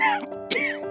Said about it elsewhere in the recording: Are you always looking for places to stop and rest because you're short of breath, wheezing, or coughing? See your doctor for a simple breathing test to find out if it's COPD, a serious lung disease.